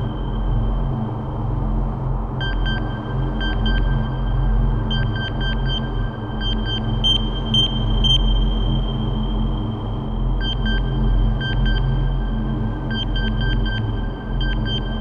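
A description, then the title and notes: A steady low engine rumble fills a ship's cabin, with a constant high whine and quick clusters of bright electronic beeps recurring throughout. Interstellar Ambience. Record the sound of an apartment on a large interstellar ship. The goal is to record an artificial rendering of background ambient sound. Create and record the sound of a future interior space, specifically an apartment on a large interstellar ship.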